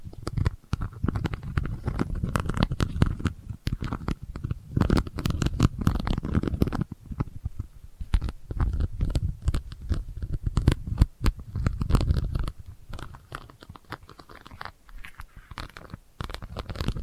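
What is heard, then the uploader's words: Delicate scratching goes on almost without pause, a dense run of quick, irregular scrapes and ticks with a soft low rumble underneath. Brighter clicks stand out often, and the scratching thins into brief quieter gaps around eight and fourteen seconds before resuming. ASMR Delicate Scratching for Sleep (No Talking).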